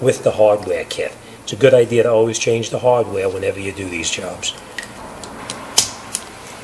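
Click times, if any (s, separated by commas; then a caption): 5.8 s. Someone talks while a new metal anti-rattle clip from the hardware kit is pressed onto the backing plate of the outer front disc brake pad of a 2008 Toyota Highlander. After a few faint handling ticks, the clip snaps into place with a sharp click at 5.8 s, followed by one more brief tick, and it is seated.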